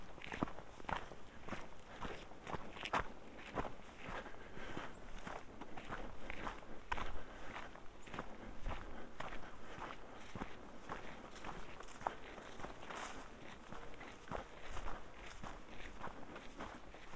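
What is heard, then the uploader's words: Footsteps crunch along a trail on a short hike, a steady walking rhythm of sharp, bright steps roughly twice a second for the whole stretch. Beneath them runs a constant low rumble and a faint high hiss, with a few louder scuffs near seven and thirteen seconds. A short hike on the Colorado Trail. The recording was made from Molas Lake back to our car parked just off Highway 550 between Durango and Ouray. The part of the trail we hiked is just below 11,000 feet in elevation.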